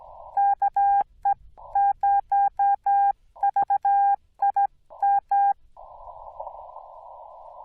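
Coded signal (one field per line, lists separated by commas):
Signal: Morse code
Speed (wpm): 16 wpm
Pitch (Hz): 800 Hz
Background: none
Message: KE0VIM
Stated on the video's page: Rusty CW on a POTA/SOTA activation at Angels Landing, Yaesu FT-891 at 25 watts into a 17-foot Chameleon whip leaned in a tree.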